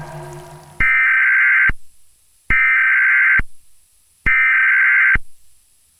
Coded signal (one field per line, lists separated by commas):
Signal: Emergency Alert System (SAME) tones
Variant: header bursts